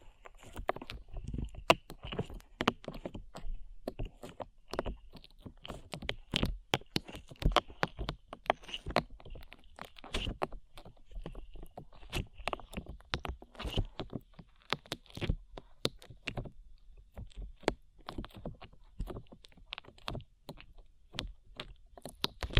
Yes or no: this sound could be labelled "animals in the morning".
no